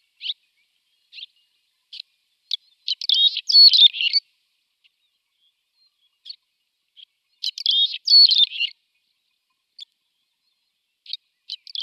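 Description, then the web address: Red-rumped swallow song: scattered short chirps, then two bursts of scratchy, twittering warble about five seconds apart, ending with more brief chirps. "Schulze Peter Red-rumped Swallow song"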